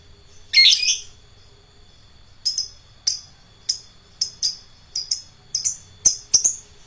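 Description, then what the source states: Lovebird sounds: one long harsh screech, then a quick string of short, sharp chirps and ticks. Adult lovebird, described as a fighter lovebird.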